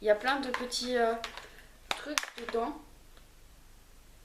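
A brush head is being fitted onto a small, low-end rotating facial cleansing brush handle, with plastic parts. Someone talks through most of the clip, and a few faint taps follow. Nothing has seated or clicked yet.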